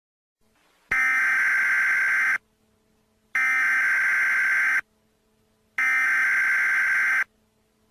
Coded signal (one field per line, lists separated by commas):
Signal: Emergency Alert System (SAME) tones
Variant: header bursts